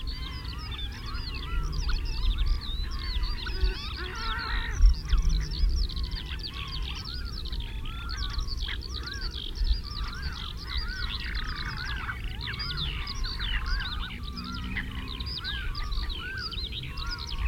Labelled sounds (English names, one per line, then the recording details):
Common Shelduck courtship call
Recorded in the wild
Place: Zudar, Mecklenburg-Vorpommern, DE
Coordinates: 54.259, 13.352
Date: 1975-05-01
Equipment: Nagra III BH, Sennheiser MD 21, parabola
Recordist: Schubert, Michael